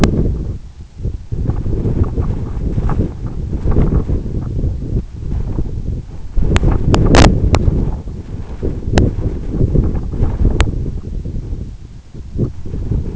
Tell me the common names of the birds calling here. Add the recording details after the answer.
none. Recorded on Arctic tundra, site EABA-1, on 26 June 2018. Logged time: 04:00